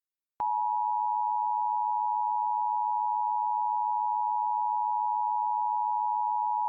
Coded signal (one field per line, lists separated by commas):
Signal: Emergency Alert System (SAME) tones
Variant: 853 and 960 Hz attention tone